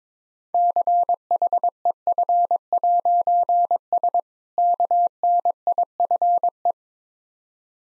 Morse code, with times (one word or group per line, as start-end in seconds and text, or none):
0.5-4.2 CHEF'S
4.6-6.7 KNIFE